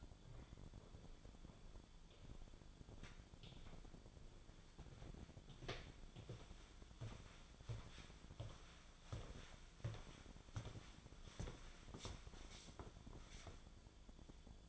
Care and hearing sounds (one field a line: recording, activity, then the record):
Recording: daily activity, microphone in the room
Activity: walk to room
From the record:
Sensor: 5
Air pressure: 1010.2 hPa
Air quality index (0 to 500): 139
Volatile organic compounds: 3 ppm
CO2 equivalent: 1364 ppm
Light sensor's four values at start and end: 282/700/295/324 and 296/679/303/347